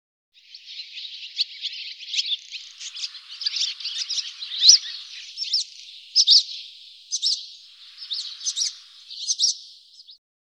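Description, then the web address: Bird calls, a dense run of high chirps and short notes, uneven in timing, with louder bursts scattered through the middle and end. "cianscape birddata Deverinetal 2025"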